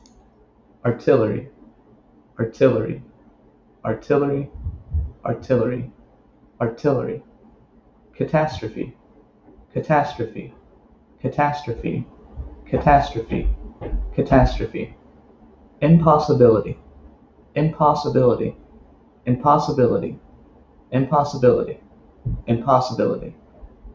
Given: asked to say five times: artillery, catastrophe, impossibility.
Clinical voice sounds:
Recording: three words, each repeated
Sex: male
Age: 20 to 29 years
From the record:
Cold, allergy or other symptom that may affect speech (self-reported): no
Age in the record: 29 years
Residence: Virginia, United States

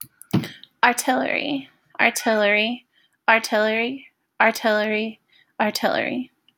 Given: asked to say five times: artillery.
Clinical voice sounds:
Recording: repeated word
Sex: female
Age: 20 to 29 years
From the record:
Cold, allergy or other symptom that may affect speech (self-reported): no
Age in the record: 28 years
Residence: West Virginia, United States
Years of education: 16

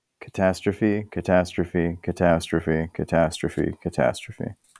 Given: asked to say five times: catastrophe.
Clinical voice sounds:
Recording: repeated word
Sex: male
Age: 20 to 29 years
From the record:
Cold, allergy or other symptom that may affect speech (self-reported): no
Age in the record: 25 years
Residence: California, United States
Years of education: 17

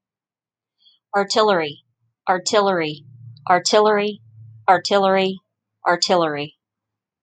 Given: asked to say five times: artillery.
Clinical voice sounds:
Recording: repeated word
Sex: female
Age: 40 to 49 years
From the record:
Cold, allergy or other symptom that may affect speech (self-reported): no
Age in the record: 44 years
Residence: Florida, United States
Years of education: 14

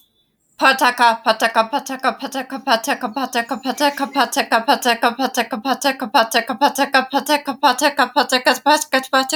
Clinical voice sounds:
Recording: repeated syllables /pa ta ka/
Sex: female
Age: 40 to 49 years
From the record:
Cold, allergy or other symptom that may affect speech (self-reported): no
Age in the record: 46 years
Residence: Utah, United States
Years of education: 17

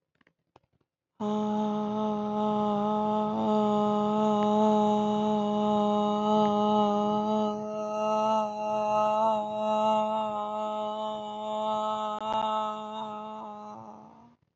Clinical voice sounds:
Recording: vowel held as long as possible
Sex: female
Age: 20 to 29 years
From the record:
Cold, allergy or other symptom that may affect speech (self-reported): no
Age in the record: 28 years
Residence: Texas, United States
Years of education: 13

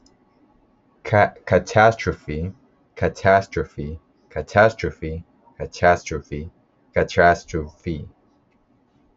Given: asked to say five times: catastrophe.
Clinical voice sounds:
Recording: repeated word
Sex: male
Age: 20 to 29 years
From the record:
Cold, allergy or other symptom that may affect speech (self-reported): no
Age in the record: 26 years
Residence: Pennsylvania, United States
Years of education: 14

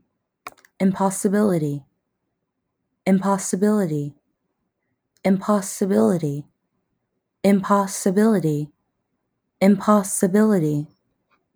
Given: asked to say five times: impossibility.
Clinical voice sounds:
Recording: repeated word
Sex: female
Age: 20 to 29 years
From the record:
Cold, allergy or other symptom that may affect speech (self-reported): no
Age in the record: 22 years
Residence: Georgia, United States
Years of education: 17

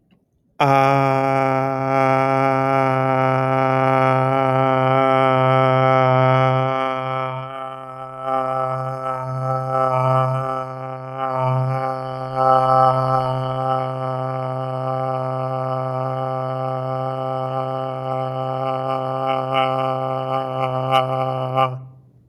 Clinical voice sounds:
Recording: vowel held as long as possible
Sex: male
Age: 20 to 29 years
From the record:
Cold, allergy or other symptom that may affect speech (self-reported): no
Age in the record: 24 years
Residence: Massachusetts, United States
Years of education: 14

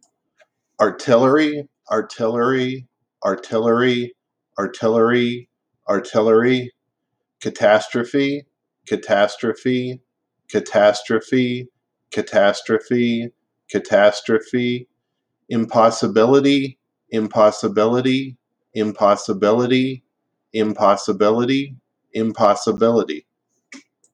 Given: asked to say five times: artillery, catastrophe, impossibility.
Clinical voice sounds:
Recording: three words, each repeated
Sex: male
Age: 50 to 59 years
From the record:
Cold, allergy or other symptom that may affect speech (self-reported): no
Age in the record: 53 years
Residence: Nevada, United States

